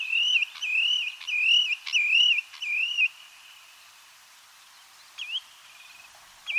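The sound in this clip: Bird gives looping, wavering whistled phrases for three seconds, falls quiet, then gives two quick rising whistles near the end.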